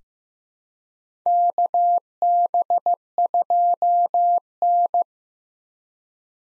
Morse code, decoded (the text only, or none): KB2N